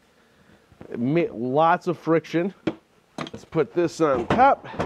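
Someone talks while handling a plastic Ryobi Link portable tool storage unit, lifting it to stack on top of the unit below. A few short knocks come around 3.2–3.3 seconds as it is handled, but nothing has seated or clicked yet.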